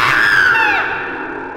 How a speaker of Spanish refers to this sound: Las plumas superiores volaron, y la sirvienta dio un grito de horror con toda la boca abierta, llevándose las manos crispadas a la cara.